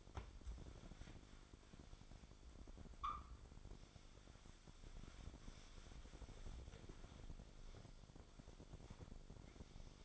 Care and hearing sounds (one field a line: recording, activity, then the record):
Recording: daily activity, microphone in the room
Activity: wipe stove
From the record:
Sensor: 5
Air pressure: 1007.1 hPa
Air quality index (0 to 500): 173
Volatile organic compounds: 4 ppm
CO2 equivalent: 1659 ppm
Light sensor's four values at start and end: 51/143/56/57 and 53/146/58/58